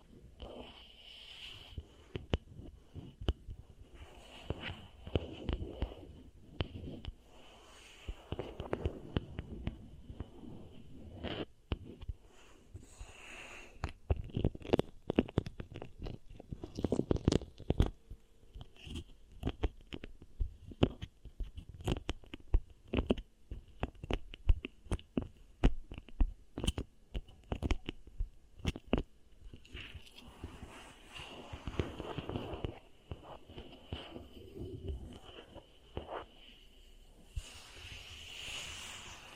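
Beeswax worked against the ear makes dense crackling, sticky clicks and soft squishing, busiest midway, over a faint steady high whine throughout.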